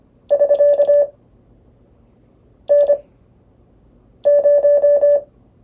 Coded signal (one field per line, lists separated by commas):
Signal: Morse code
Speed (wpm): 25 wpm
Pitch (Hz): 580 Hz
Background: none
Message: <SK> N0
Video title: CW PROSIGNS